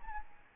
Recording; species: mosquito wingbeat signal from an infrared sensor; Aedes albopictus